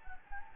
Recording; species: mosquito wingbeat signal from an infrared sensor; Anopheles gambiae